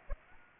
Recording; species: mosquito wingbeat signal from an infrared sensor; Aedes aegypti